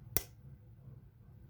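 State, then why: Seated. A cap is pressed onto an Aigner N1 Sport fragrance bottle and snaps into place with a single sharp, bright click at 0.2 s, followed by a quiet low hum. The cap seats fully, unlike the original bottle's same-shaped cap, which gives a metal-on-metal impact instead.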